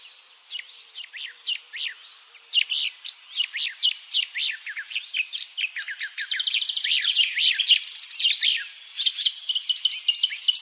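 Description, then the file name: Eurasian blackcap singing: soft scratchy chips at first, building into a fast, louder run of sharp warbled notes, then brief pauses and renewed chattering bursts. "Sylvia atricapilla"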